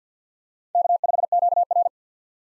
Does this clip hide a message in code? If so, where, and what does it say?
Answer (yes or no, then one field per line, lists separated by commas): yes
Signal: Morse code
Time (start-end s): 0.8-1.9 s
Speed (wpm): 50 wpm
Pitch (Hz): 700 Hz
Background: none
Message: K5QR